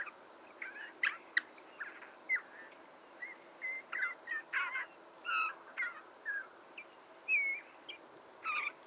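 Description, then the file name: Eurasian bullfinch producing a varied run of soft whistles, creaky notes and sharp clicks, mixed in irregular bursts for about nine seconds. "Pyrrhula pyrrhula"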